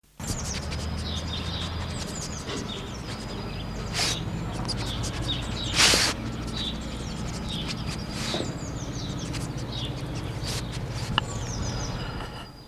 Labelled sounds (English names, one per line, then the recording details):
Raccoon Dog
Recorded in captivity
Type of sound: sniffing
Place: Tierpark Berlin, Berlin, DE
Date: 1981-04-18
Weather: sunny, 1-6 °C
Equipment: Nagra SN, Kopie Uher 4200
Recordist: Tembrock, Günter
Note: Schnüffeln am Mikro. Abstand 50 cm bis 1 m